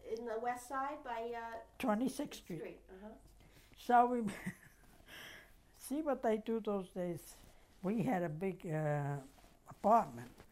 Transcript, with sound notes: In the west side, by, uh...
26th Street.
Uh-huh.
So we... ( she laughs ) See what they do those days? We had a big, uh, apartment,